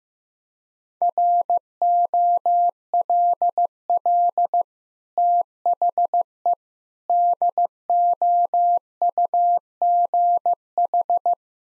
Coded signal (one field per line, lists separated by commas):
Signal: Morse code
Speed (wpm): 15 wpm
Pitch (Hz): 700 Hz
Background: none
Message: ROLL THE DOUGH